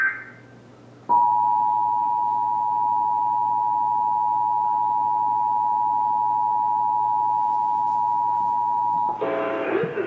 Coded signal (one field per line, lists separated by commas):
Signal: Emergency Alert System (SAME) tones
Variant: 853 and 960 Hz attention tone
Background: music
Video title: Nationwide EAS test